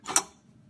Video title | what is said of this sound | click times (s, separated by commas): Kobalt 7" tile wet saw #0632871 review for first timers part 1 | you can hear it click to that position and | 0.2 s